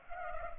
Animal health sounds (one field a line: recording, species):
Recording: mosquito wingbeat signal from an infrared sensor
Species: Culex pipiens